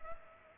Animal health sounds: mosquito wingbeat signal from an infrared sensor; Culex pipiens

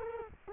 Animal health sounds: mosquito wingbeat signal from an infrared sensor; Culex quinquefasciatus

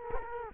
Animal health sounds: mosquito wingbeat signal from an infrared sensor; Culex quinquefasciatus

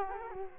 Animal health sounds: mosquito wingbeat signal from an infrared sensor; Culex quinquefasciatus

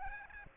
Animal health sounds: mosquito wingbeat signal from an infrared sensor; Aedes aegypti

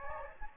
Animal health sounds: mosquito wingbeat signal from an infrared sensor; Anopheles gambiae

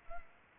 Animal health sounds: mosquito wingbeat signal from an infrared sensor; Culex pipiens

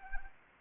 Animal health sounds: mosquito wingbeat signal from an infrared sensor; Anopheles arabiensis

